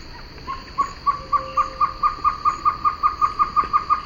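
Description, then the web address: Great antshrike song: evenly spaced hollow hoots, roughly four per second, continuing throughout, with faint hiss behind. Recorded in the eastern lowlands of South America. "Natures Songs S America Eastern Lowlands Great Antshrike"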